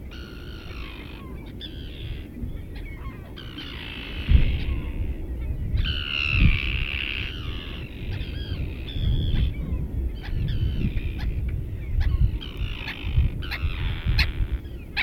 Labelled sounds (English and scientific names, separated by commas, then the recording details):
Common Tern (Sterna hirundo) call
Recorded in the wild
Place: Langenwerder, Mecklenburg-Vorpommern, DE
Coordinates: 54.027, 11.493
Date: 1969-06-08
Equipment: Nagra III BH, Sennheiser MD 421, parabola
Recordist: Schubert, Michael